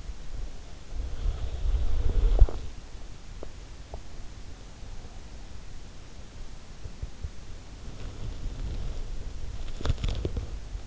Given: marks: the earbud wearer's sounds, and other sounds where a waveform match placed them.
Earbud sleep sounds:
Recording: sounds in sleep by an in-ear microphone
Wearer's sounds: body movement, swallowing, teeth grinding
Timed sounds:
0.31-3.03 s: body movement
1.91-2.63 s: swallowing
3.43-4.28 s: teeth grinding
6.69-10.87 s: body movement

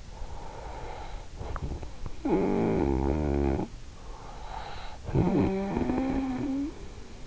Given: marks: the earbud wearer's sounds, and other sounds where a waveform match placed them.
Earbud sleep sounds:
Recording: sounds in sleep by an in-ear microphone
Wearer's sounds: snoring breath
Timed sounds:
0.23-4.29 s: snoring breath
4.86-7.26 s: snoring breath

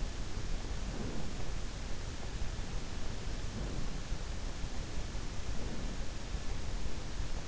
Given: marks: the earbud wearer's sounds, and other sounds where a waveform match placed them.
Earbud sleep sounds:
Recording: sounds in sleep by an in-ear microphone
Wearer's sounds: breath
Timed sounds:
0.72-1.40 s: breath
3.28-4.19 s: breath
5.33-6.21 s: breath

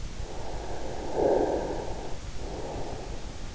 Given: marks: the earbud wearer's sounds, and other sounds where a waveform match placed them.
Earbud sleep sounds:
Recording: sounds in sleep by an in-ear microphone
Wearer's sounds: snoring breath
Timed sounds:
0.34-3.20 s: snoring breath

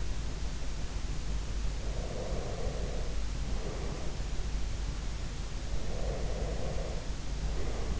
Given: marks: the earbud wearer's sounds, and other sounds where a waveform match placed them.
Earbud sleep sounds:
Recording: sounds in sleep by an in-ear microphone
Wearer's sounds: breath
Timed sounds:
1.80-4.40 s: breath
5.77-8.00 s: breath

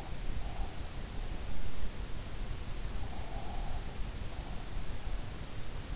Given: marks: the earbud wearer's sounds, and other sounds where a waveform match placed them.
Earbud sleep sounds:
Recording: sounds in sleep by an in-ear microphone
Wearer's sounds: breath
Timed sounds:
3.04-3.82 s: breath

